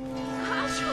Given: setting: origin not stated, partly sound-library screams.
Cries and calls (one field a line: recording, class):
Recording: one-second piece from a danger detection set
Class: normal situation